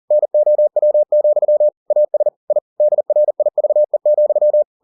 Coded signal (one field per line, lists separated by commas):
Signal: Morse code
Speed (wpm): 40 wpm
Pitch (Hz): 600 Hz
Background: none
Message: NOW, AS I DRIVE,